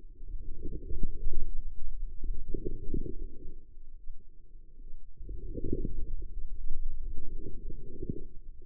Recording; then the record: forearm muscle sounds (acoustic myography)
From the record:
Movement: outward rotation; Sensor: system 2, bracelet of six BSWA MPA416 microphones around the upper forearm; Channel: 2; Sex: female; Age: 25 years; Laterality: right